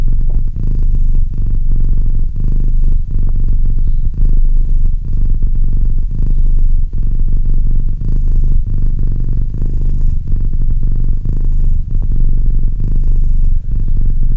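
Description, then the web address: Domestic cat purr, a long even low rumble with a breathing rhythm and short pauses between breaths. "Cat Purr 201308 Cat purr"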